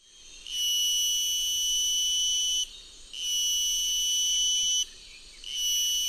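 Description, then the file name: Purana nebulilinea cicada song: a pure, ringing high whine held about two seconds at a time, broken by brief pauses. "Purana nebulilinea"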